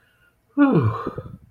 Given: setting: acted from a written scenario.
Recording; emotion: vocal sound without words; relief